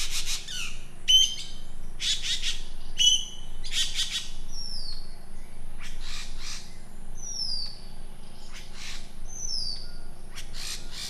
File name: suara burung ekek layongan atau cissa chinensis